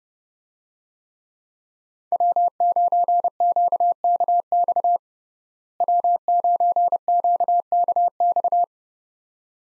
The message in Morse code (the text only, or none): W9QKX W9QKX